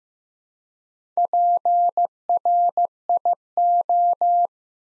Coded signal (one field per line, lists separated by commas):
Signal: Morse code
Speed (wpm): 15 wpm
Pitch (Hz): 700 Hz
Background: none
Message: PRIO